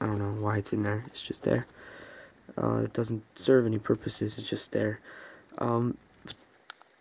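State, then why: Seated. Someone talks for most of the clip, then the metal button snap on a flexible leather jeweler's loupe case is pressed closed. It clicks shut with a pretty solid click at 6.7 s, and the case is seated closed.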